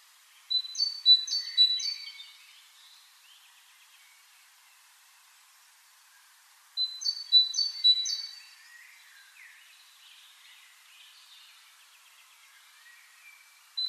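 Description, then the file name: Great tit song: two bursts of three bright two-note phrases, a high note dropping to a lower one, separated by a long pause, with faint twittering from other birds. "Parus major"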